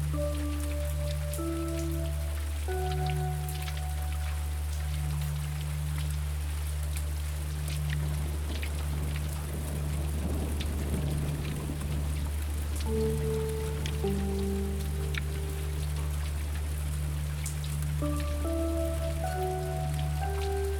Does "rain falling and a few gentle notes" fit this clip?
yes